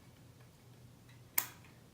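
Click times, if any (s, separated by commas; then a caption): 1.4 s. A pop-up circuit breaker is pushed through a hole in the chassis panel and seats with one sharp, bright click at 1.4 s. The click stands out over a low, steady background hum, and the breaker is confirmed clicked into place.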